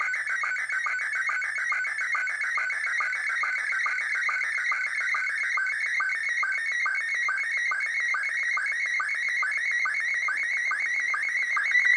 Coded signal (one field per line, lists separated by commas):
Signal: SSTV (slow-scan television)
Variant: Scottie 1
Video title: SSTV THE POOR MANS WAY